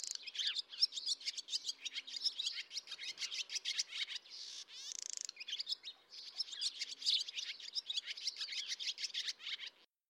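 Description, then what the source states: Barn swallow twittering: a dense, continuous mix of high chirps, squeaky warbles and rattly notes for about ten seconds, with a brief buzzy passage midway. Barn swallow vocalisations mix multiple different sounds rather than one call.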